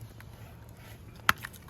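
On a 2017 RAV4, the door lock cable end is levered down into its holder on a new plastic door lock actuator after a first try that did not seat. A single sharp click at 1.3 s stands out over low background noise and a few faint ticks. The cable end is seated.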